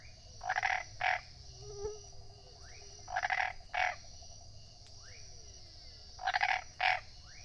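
Tree frog calls in short paired bursts of raspy pulses every three seconds or so, with a steady high hum and faint rising whistles behind.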